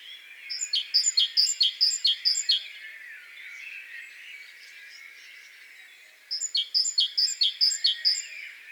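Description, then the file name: Great tit giving two bouts of song, each a rapid chain of repeated two-note phrases, clear and high, separated by a few seconds of background hiss. "Parus major"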